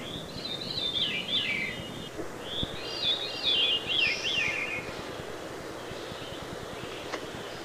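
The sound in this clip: Veery song with two swirling, descending phrases in a row, each rippling and flute-like, over soft background hiss.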